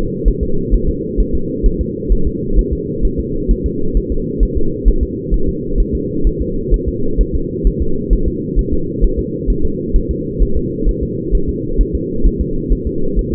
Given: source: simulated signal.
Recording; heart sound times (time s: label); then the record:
fetal heart sounds
0.28 s: S1
0.43 s: S2
0.74 s: S1
0.89 s: S2
1.20 s: S1
1.35 s: S2
1.66 s: S1
1.81 s: S2
2.12 s: S1
2.27 s: S2
2.59 s: S1
2.73 s: S2
3.05 s: S1
3.20 s: S2
3.51 s: S1
3.66 s: S2
3.97 s: S1
4.12 s: S2
4.43 s: S1
4.58 s: S2
4.88 s: S1
5.03 s: S2
5.34 s: S1
5.49 s: S2
5.80 s: S1
5.95 s: S2
6.27 s: S1
6.42 s: S2
6.74 s: S1
6.88 s: S2
7.21 s: S1
7.35 s: S2
7.67 s: S1
7.82 s: S2
8.13 s: S1
8.28 s: S2
8.59 s: S1
8.73 s: S2
9.04 s: S1
9.19 s: S2
9.50 s: S1
9.65 s: S2
9.96 s: S1
10.11 s: S2
10.43 s: S1
10.57 s: S2
10.89 s: S1
11.03 s: S2
11.35 s: S1
11.49 s: S2
11.81 s: S1
11.95 s: S2
12.26 s: S1
12.41 s: S2
12.73 s: S1
12.87 s: S2
13.19 s: S1
13.33 s: S2
From the record:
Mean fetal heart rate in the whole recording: 130 bpm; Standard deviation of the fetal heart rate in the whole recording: 2 bpm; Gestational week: 36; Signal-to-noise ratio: -8.1 dB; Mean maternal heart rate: 72 bpm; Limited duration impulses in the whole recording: absent